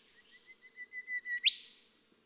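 Golden whistler song: a series of level whistled notes growing steadily louder, capped by a sudden, ringing upswept whip note.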